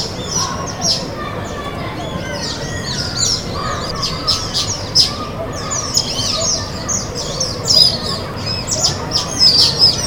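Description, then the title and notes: Bar-breasted mousebirds in a chattering flock, dense high whistled and arched notes overlapping throughout, with louder bursts near the end and a constant low rumble beneath. Flock in the leaves of a betel nut palm, Nkolmbong-Nord neighborhood, Émana, Yaoundé, Cameroon; neighborhood soundscape; 19 December 2025, 4:52 p.m.; TASCAM DR-05 recorder, edited in Audacity. "Colious (complètement) barrés. flock of Bar-breasted Mousebirds in the leaves of a betel nut palm. Nkolmbong-Nord neighborhood, Émana, Yaoundé 1, Cameroon. December 19, 2025, 4:52 p.m"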